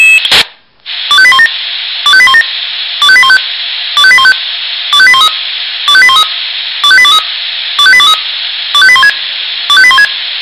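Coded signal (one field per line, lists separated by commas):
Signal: five-tone selective call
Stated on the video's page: Monthly test alert received on a Swissphone Quattro XL+ pager.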